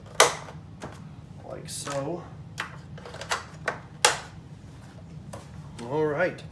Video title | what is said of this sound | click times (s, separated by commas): CROSSFIRE! Assembly video | they just snap in place here like | 0.2 s